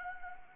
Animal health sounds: mosquito wingbeat signal from an infrared sensor; Anopheles arabiensis

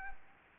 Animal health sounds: mosquito wingbeat signal from an infrared sensor; Anopheles arabiensis

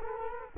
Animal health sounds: mosquito wingbeat signal from an infrared sensor; Culex quinquefasciatus

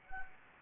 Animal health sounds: mosquito wingbeat signal from an infrared sensor; Anopheles gambiae

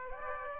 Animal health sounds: mosquito wingbeat signal from an infrared sensor; Aedes aegypti

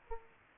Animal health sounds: mosquito wingbeat signal from an infrared sensor; Aedes aegypti

